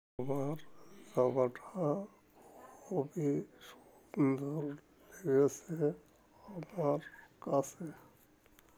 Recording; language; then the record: elicited speech; Bengali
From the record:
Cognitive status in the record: dementia